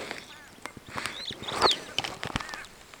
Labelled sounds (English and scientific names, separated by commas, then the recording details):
Superb Starling (Lamprotornis superbus) flight call
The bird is a male
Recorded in Kenya on 6 July 2010
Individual 62, of group MRCV